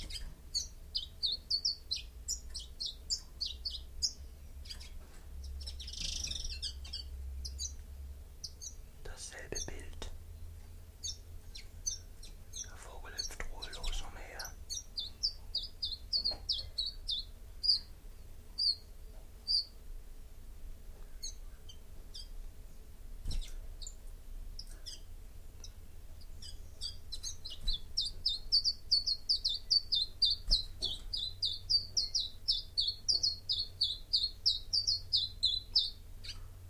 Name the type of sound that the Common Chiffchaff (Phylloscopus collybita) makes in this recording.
song